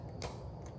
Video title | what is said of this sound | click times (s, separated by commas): Incorrectly Installed My Roto-Fab Cold Air Intake | you heard the click you pull that out | 0.2 s